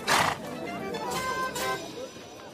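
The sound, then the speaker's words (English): A horse whinnies, opening with a harsh, breathy burst and then trailing into a wavering, high-pitched neigh that rises and falls for about two seconds. “And you may depend upon it, there's a monstrous deal of quality in that horse.”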